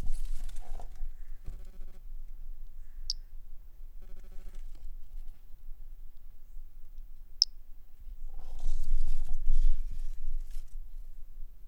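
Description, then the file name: Three-toed pumpkin toadlet calling, two brief high pinging notes about four seconds apart over low rumbling background, with faint steady humming tones and rustling near the end. Individual 09, collected as specimen MHNCI 10730; recorded by M.R. Bornschein on 10 March 2016. "Brachycephalus tridactylus individual 09 collected MHNCI 10730 by MR Bornschein 160310"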